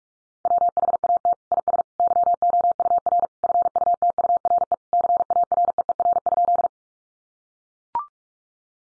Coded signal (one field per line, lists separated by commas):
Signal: Morse code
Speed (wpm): 44 wpm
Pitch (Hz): 700 Hz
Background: none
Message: WHAT IS YOUR FUTURE CAREER?